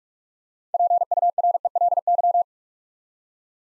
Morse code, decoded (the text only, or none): PURELY